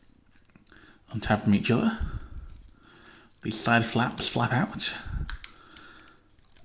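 Someone talks while handling a transforming robot toy during its conversion, swinging out the plastic side flaps as the plastic hip assembly is brought toward the lower body, with several sharp plastic taps and clicks along the way. The clip ends before the hip section locks into place, so nothing has seated or clicked home yet.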